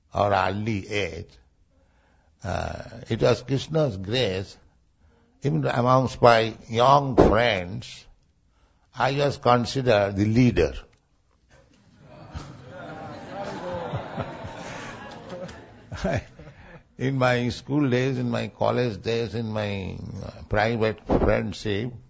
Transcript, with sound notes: or early age—it was Kṛṣṇa’s grace—even amongst my young friends, I was considered the leader. (laughing) (laughter) In my school days, in my college days, in my private friendship,